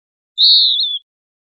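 Western wood pewee call: a single high whistled note, just over half a second long, falling slightly at the end, on a silent background.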